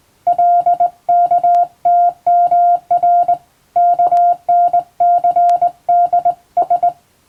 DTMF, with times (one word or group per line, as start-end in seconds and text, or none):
none